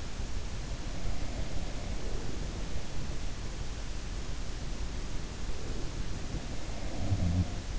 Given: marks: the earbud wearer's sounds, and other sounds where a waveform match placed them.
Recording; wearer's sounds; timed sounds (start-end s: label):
sounds in sleep by an in-ear microphone; breath
0.51-2.71 s: breath
5.35-6.55 s: breath
7.00-7.79 s: sound from someone else or the room